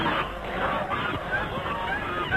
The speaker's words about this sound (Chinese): 喏，都是这群该死的白鹅。